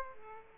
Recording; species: mosquito wingbeat signal from an infrared sensor; Aedes aegypti